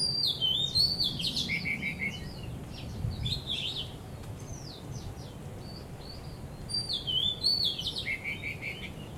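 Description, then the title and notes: Bird song of rapid high slurred whistles and twittering, loud at first, fading, then returning near the end, with low rumbling noise throughout. Birds singing vigorously at Wu Kai Sha, Hong Kong, 15 December 2006; recorded with AKG condenser microphones in XY stereo. "香港 烏溪沙 雀鳥勁唱歌 Date: 15 December 2006"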